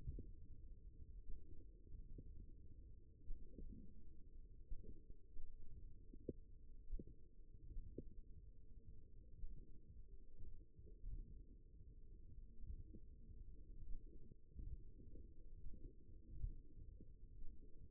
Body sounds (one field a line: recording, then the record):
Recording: forearm muscle sounds (acoustic myography)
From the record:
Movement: tripod grip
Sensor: system 1, eight BSWA MPA416 microphones around the upper forearm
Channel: 3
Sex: male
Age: 54 years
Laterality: right